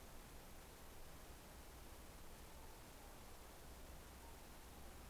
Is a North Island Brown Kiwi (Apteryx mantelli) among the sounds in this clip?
no